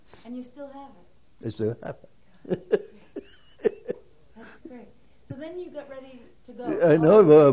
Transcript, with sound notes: And you still have it.
I still have it. (He laughs.)
That's great. So then you got ready to go.